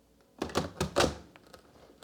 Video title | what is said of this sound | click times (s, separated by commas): Shark NAVIGATOR + Self-Cleaning Brushroll is GOOD. REALLY GOOD. | It will just clip right in. You want to hear that click. | 0.4 s, 0.8 s